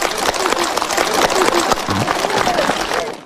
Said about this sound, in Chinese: 广场上掌声经久不息。